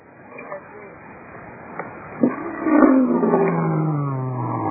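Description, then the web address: Lion giving one deep moaning roar that slides downward, after a couple of sharp knocks. "2001 Eclipse lion"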